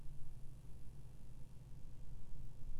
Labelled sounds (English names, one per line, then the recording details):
none
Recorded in France